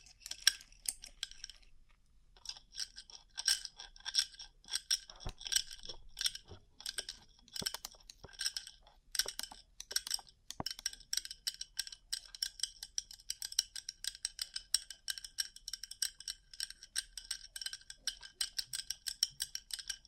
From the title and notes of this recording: ASMR Rhinestone Covered Tapping 3Dio (No Talking).